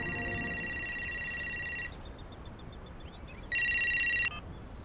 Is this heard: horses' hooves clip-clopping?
no